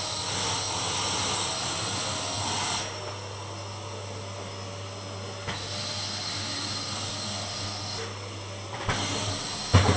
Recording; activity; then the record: daily activity, microphone in the room; vacuum cleaning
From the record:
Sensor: 4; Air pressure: 1000.1 hPa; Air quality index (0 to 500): 232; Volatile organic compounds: 32 ppm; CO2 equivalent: 2992 ppm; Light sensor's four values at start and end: 9/20/8/7 and 9/19/7/7